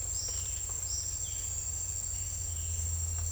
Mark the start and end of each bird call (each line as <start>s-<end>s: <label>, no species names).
0.12s-0.40s: bird call
0.86s-1.07s: bird call